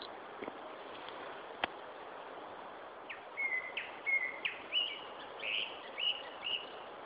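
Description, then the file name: Japanese thrush song: a run of short whistled notes, some slurred upward, arriving in quick succession in the second half over a steady hiss, with a couple of faint clicks earlier. "Turdus cardis"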